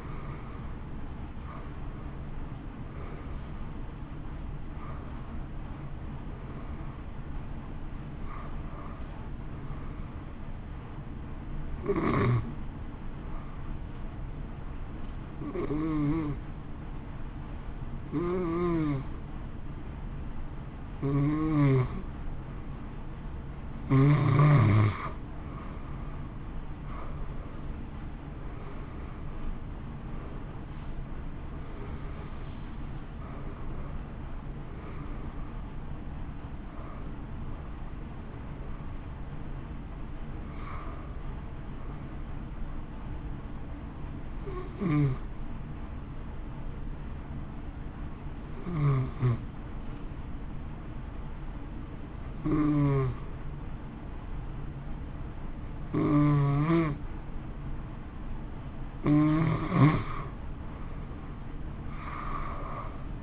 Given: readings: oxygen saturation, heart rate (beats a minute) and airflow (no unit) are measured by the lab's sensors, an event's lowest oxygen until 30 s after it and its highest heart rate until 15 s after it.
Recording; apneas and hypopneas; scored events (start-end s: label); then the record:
breathing in sleep by a smartphone at the bedside; 2
12.00-24.50 s: hypopnea (N1, oxygen 93% highest, then 85% lowest)
42.00-58.20 s: hypopnea (N1, oxygen 93% highest, then 86% lowest)
From the record:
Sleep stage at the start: N1 (lightest sleep); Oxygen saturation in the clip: 85 to 93%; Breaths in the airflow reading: 18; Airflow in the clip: -1.9 to 2.7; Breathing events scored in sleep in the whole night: 328 in 6.3 hours asleep